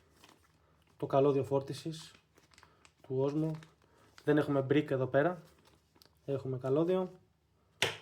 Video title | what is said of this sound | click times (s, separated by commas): Κάνουμε παρέα unboxing το νέο DJI Osmo Pocket 4 Creator Combo! | και κουμπώνει πάνω. | 7.8 s